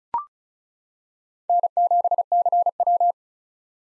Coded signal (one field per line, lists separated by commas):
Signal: Morse code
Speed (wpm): 34 wpm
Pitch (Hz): 700 Hz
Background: none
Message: N7CW